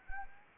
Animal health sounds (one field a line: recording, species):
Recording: mosquito wingbeat signal from an infrared sensor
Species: Anopheles arabiensis